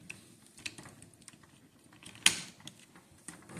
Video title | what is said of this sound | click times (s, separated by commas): Transformers Movie the Best 10th Anniversary Leader Class Optimus Prime | do exact same thing right here till it clicks in bad | 2.3 s